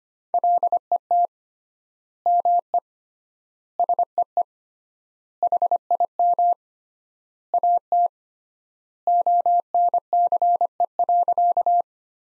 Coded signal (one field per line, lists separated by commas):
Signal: Morse code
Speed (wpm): 25 wpm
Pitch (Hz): 700 Hz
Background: none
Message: LET ME SEE HIM AT ONCE.